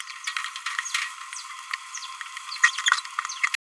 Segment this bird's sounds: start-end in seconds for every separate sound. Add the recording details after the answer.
2.64-2.70. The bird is a male. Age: 27 days. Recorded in a nest box in Venezuela. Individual 17B31A2